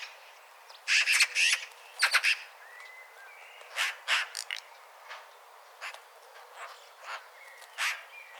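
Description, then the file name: Eurasian magpie giving harsh, rasping chatter bursts, clustered near one and two seconds, then scattered single rattles, with faint thin whistles between. "Pica pica"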